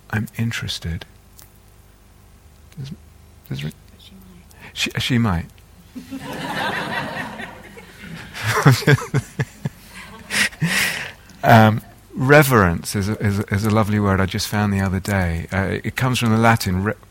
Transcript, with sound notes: "I'm interested." She might. [laughter] 'Reverence' is a lovely word. I just found the other day it comes from the Latin